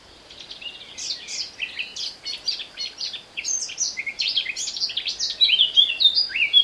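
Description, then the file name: Eurasian blackcap, a warble of scratchy and whistled notes that grows louder over the whole stretch. "Sylvia atricapilla"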